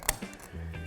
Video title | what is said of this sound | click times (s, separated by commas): Top 5 Problems Nissan Versa Sedan 2nd Generation 2012-19 | Also when you're replacing the cap or even just reinstalling it, you wanna be able to give it a nice turn and listen for a click. | 0.1 s